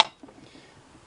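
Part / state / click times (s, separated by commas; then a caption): cover door onto sewing machine body / not seated / none. A small cover door is pressed by hand against the body of a vintage sewing machine, making a brief broadband burst at the start followed by faint, low handling rustles. The door does not snap into place; nothing has seated or clicked.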